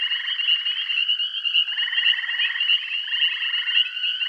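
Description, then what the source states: Frogs calling in a dense chorus, overlapping pulsed trilling notes with a steady high ringing tone. Bath County.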